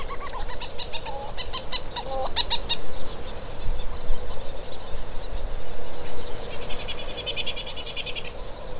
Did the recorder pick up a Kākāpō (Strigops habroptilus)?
no